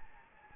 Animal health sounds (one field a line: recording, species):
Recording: mosquito wingbeat signal from an infrared sensor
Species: Anopheles gambiae